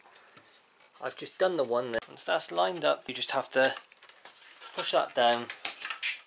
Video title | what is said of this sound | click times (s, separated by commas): Tiny Love 3in1 Rocker Napper assembly, overview & demonstration. | and click into place like that you got two more legs one is shorter than the other | 6.0 s